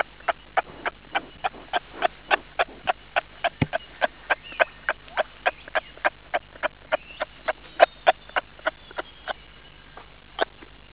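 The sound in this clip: Whale producing a steady train of sharp clicks, roughly three to four per second.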